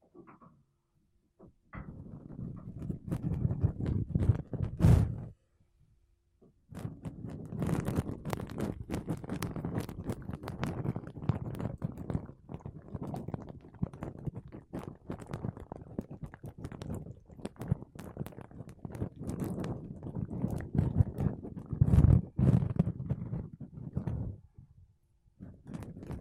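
Makeup brushes and a sponge brush against a microphone in dense, scratchy strokes, with a soft low thump running under the rustle. The brushing runs almost without pause, breaking off briefly near five seconds and fading out around twenty-four seconds.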